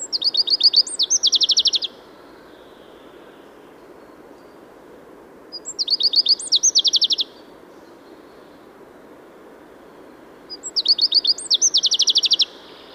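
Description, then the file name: Common chaffinch song: three bright descending phrases, repeated about every five seconds over a soft background hiss. "Fringilla coelebs"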